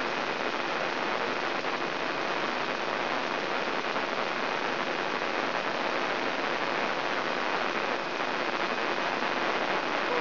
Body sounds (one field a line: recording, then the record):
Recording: brain microelectrode recording played as sound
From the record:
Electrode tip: inside the subthalamic nucleus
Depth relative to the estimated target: 0 mm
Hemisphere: right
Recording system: AlphaMap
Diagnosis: Parkinson's disease